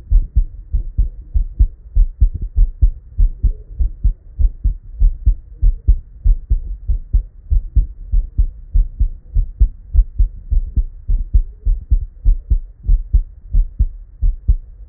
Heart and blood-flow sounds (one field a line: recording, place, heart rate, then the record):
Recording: heart sounds by stethoscope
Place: Erb's point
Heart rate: 98 bpm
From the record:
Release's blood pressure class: elevated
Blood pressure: 124/68 mmHg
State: at rest